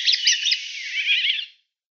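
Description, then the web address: Golden oriole subsong, a soft, scratchy warble of jumbled chattering notes lasting about a second and a half, then silence. "Schulze Peter Golden Oriole subsong"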